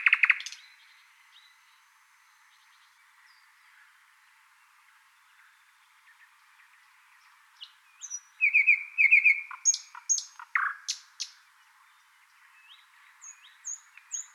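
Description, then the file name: Thrush nightingale song: one loud harsh note, a long quiet gap, then varied phrases of rapid repeated notes, clicks and slurred whistles. "British Library - Thrush Nightingale Luscinia luscinia"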